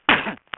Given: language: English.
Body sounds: throat vibration sensor signal played as sound; cough

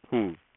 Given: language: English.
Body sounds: throat vibration sensor signal played as sound; speech

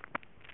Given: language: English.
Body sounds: throat vibration sensor signal played as sound; swallow

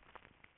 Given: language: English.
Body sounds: throat vibration sensor signal played as sound; swallow

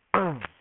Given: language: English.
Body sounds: throat vibration sensor signal played as sound; throat clearing

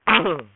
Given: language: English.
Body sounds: throat vibration sensor signal played as sound; throat clearing

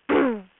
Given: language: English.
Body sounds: throat vibration sensor signal played as sound; throat clearing

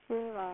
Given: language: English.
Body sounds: throat vibration sensor signal played as sound; speech

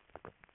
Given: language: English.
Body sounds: throat vibration sensor signal played as sound; swallow

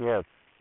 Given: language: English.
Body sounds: throat vibration sensor signal played as sound; speech

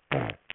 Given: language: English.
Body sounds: throat vibration sensor signal played as sound; throat clearing

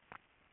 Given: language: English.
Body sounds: throat vibration sensor signal played as sound; swallow

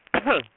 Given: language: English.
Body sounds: throat vibration sensor signal played as sound; cough

